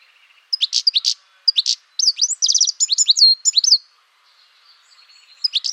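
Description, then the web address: A bird gives a string of high, sharp chirps, slurred whistles and a short buzzy rattle, pausing before starting again. "cianscape birddata Deverinetal 2025 Bird Only"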